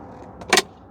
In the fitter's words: Push up until it clicks like that.